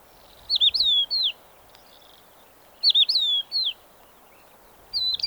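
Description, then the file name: Crested lark song: clear whistled phrases, looping and falling, the first two nearly identical and a few seconds apart, a third phrase starting at the end; quiet background. Subspecies magna, recorded in the Kyzylkum desert, Kazakhstan, on 10 April 2011. "crelark-magna-2-S-CON kz kyzylkum 2-tal"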